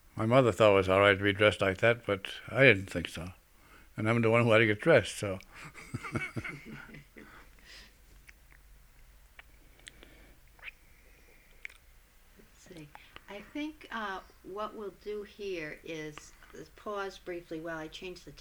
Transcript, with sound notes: My mother thought it was all right to be dressed like that, but I didn't think so, and I'm the one who had to get dressed, so... ( he laughs )
I think what we'll do here is pause briefly while I change the tape.